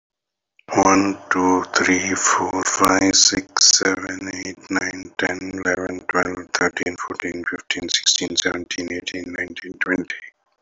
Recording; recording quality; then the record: counting at a normal pace; excellent, no background noise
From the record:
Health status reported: respiratory illness, not identified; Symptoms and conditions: hypertension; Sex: male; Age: 52 years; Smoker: yes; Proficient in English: yes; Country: India